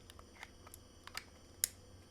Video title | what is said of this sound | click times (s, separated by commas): Insta360 Ace Pro Magnetic Clip Magic - Other Quick Release Solutions for Action Cams Explored! | it's got a nice magnet that draws you in and then you just turn Till You Hear The Click | 1.6 s